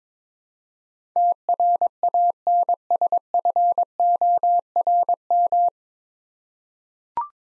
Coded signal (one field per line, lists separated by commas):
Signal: Morse code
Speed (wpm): 22 wpm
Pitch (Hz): 700 Hz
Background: none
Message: TRANSFORM